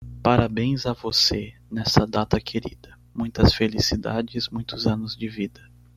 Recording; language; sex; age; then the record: short text; Brazilian Portuguese; male; 20 to 29 years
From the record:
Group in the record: control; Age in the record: 22 years